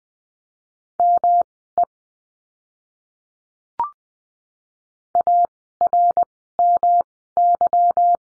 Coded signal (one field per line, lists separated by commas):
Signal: Morse code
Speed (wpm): 20 wpm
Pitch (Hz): 700 Hz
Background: none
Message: ME ARMY